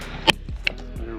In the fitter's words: we go got a good snap there